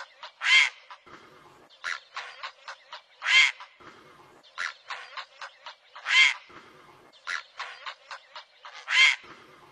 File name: Canto do garca azul grande